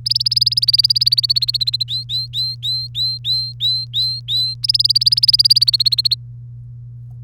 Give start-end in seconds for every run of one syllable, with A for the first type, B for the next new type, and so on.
0.06-1.83 A, 1.88-4.54 B, 4.63-6.15 A